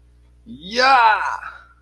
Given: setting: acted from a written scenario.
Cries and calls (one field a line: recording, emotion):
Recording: vocal sound without words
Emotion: triumph